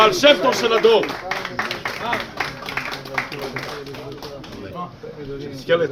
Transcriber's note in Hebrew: מחיאות כפיים